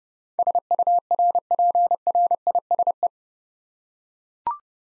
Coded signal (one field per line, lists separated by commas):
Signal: Morse code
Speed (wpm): 30 wpm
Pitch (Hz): 700 Hz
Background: none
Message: SURPRISE